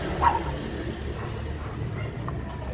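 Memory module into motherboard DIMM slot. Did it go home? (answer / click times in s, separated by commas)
no / none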